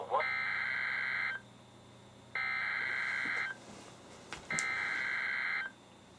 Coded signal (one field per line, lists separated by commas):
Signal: Emergency Alert System (SAME) tones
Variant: header bursts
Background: speech